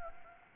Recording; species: mosquito wingbeat signal from an infrared sensor; Anopheles gambiae